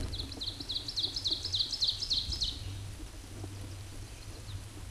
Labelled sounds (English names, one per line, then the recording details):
Ovenbird song
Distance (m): 25 m
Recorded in a Pennsylvania forest on 17 May 2023 at 13:00
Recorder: AudioMoth, point grid1_31_low
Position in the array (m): 172 m, 94 m